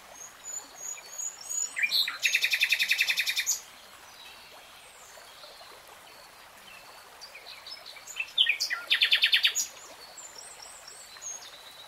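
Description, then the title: Nightingale singing with two loud, rapid, buzzy trills of chattering notes, several seconds apart, with thin high notes scattered around them. Singing, from a 3-hour real-time recording. "[Tiếng chim hót] Nightingale Singing"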